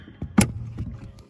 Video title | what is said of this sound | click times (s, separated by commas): INSTALLING CLUTCH PEDAL ON OUR MANUAL SWAP SILVERADO! | You guys heard that click. | 0.4 s